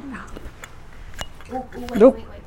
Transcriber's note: sound of glass